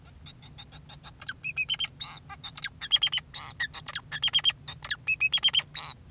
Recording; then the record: song of a male Bengalese finch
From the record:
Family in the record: son of father 2, and himself father 4